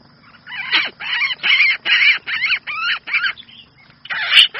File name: Tieng chao mao keu cuu